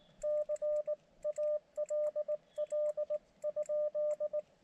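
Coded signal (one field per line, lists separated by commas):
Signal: Morse code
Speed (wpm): 21 wpm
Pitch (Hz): 600 Hz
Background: radio noise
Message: CALL?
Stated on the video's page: Morse from an Elecraft KX2 during a POTA park activation on 17 meters.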